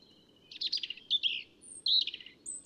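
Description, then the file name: European robin uttering a short burst of jumbled high warbling and trilled notes, with brief thin whistles between. "Erithacus rubecula"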